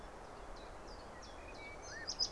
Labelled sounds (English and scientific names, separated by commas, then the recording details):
Common Chiffchaff (Phylloscopus collybita)
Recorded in Germany
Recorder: ecoPi